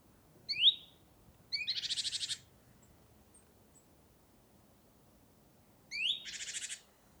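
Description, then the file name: Great tit calls: sharp high notes each followed by a harsh buzzy churring rattle, given twice about four seconds apart. "Parus major"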